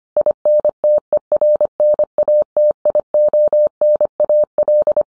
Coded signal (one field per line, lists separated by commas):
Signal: Morse code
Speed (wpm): 25 wpm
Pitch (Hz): 600 Hz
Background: none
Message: INTERNATIONAL